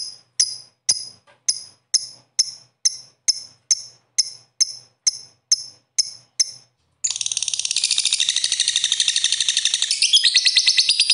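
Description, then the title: Bird song beginning with a rapid regular series of sharp high chirps, then breaking into a continuous fast trilling, rattling chatter. "Kicau Burung"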